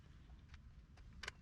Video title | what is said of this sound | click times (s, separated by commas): Lumastep M2 powered light up steps, easier than I thought! F250 F350 | You snap it until it clicks, and then we're just going to mount it over here. | 1.2 s, 1.3 s